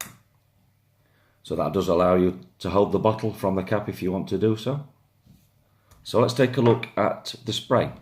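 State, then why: Seated. A cap with Prada written on top is pushed onto a Prada L'Homme Intense perfume bottle and snaps home with a sharp click at 0.0 s, seated securely enough to hold the bottle by the cap. After a quiet pause, someone talks, with a faint soft sound near 5.9 s.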